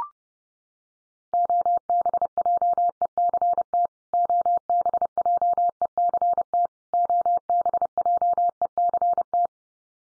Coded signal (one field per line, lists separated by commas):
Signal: Morse code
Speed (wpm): 28 wpm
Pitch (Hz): 700 Hz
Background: none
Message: OBJECT OBJECT OBJECT